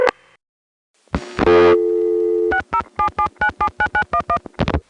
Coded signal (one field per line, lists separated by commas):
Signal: DTMF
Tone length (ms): 80 ms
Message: 6077979911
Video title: Questions for Evan Doorbell from Brad part 1, Sept 2015